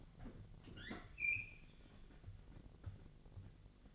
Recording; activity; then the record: daily activity, microphone in the room; open fridge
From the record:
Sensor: 4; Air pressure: 1000.9 hPa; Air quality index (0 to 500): 132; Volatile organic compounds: 2 ppm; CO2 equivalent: 987 ppm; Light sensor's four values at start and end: 29/69/29/31 and 27/64/27/29